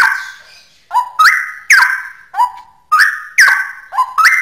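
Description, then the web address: Straw-headed bulbul song: loud, rich bubbling whistles, each phrase jumping from low to higher notes, given in quick bursts with short pauses between. Song in the style called ropel; labelled as original (asli). "cucak-rowo suara-cucak-rowo-ropel-asli"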